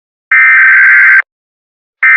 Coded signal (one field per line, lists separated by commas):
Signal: Emergency Alert System (SAME) tones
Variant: header bursts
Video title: EAS Scenario: The World's Gone Beautiful